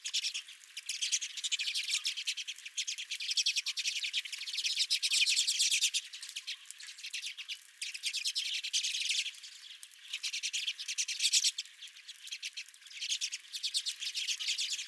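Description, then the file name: Redpolls chattering continuously, waves of rapid twittering notes from several birds pulsing every few seconds. Several redpolls at the recordist's own feeder. "Redpolls at My Feeder"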